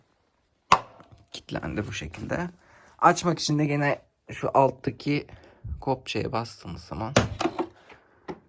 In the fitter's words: sonra üstünden makineyi kapatıyorsunuz kitlendi